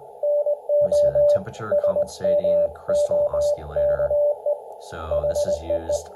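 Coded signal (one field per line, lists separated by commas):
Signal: Morse code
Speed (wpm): 20 wpm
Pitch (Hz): 590 Hz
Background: speech, radio noise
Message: NO SMOKE HEE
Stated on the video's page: Morse on an mcHF QRP software-defined transceiver.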